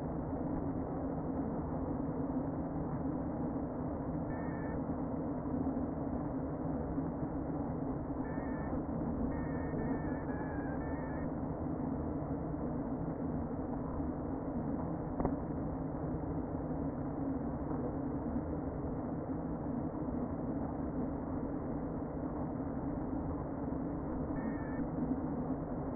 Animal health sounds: honeybee colony, microphone inside the hive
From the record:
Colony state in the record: queen present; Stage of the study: before two queens were removed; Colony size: about 60,000 bees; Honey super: yes

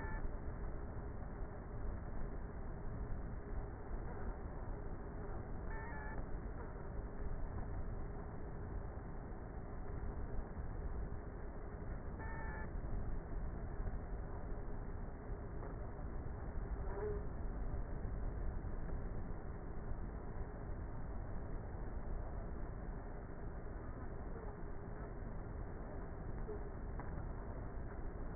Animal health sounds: honeybee colony, microphone inside the hive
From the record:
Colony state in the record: queenless with a low population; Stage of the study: before two queens were removed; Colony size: about 30,000 bees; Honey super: no

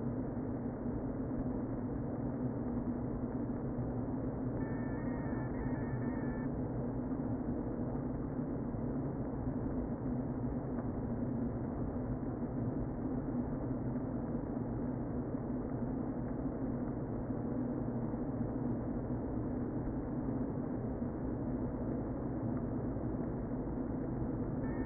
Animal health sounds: honeybee colony, microphone inside the hive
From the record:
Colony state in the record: queen present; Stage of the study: before two queens were removed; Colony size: about 60,000 bees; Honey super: yes

